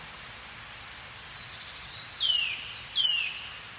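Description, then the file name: Eurasian nuthatch giving a few sharp descending whistled calls, with fainter high notes before them. "Sitta europaea"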